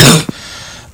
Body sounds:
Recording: coughing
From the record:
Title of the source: Wet coughing

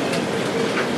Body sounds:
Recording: background sound without coughing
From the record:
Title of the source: Office Sounds Ambience - Background Noise for Study and Work

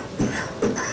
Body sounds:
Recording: coughing mixed with background sound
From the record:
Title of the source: Spring Cold Coughing 3

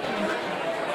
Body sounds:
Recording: coughing mixed with background sound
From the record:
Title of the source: Barking cough - # 10

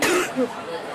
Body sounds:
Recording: coughing mixed with background sound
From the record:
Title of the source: 34 coughing up crap again

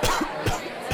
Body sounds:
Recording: coughing mixed with background sound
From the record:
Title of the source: Coughing 51

